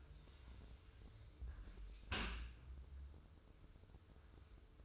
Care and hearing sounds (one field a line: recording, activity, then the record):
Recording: daily activity, microphone in the room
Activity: close dishwasher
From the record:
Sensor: 2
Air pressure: 995.6 hPa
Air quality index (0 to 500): 97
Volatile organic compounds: 5 ppm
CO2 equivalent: 1794 ppm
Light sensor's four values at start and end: 25/79/31/30 and 25/79/31/30